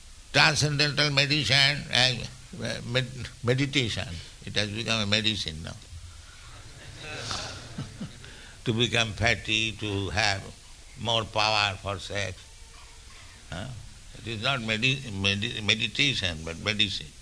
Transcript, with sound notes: Transcendental Medition..., Meditation. It has become a medicine now. [laughter] To become fatty, to have more power for sex, it is not meditation, but medicine.